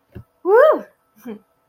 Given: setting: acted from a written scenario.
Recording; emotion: vocal sound without words; pride